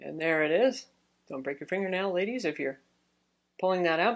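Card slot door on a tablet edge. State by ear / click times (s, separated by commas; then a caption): not seated / none. Someone talks while handling the plastic SIM/microSD card door on the edge of a Samsung Galaxy Tab S 10.5 tablet, a door that fits pretty tight. Only speech with short pauses is heard; the door has not yet snapped back into place, and nothing has seated or clicked yet.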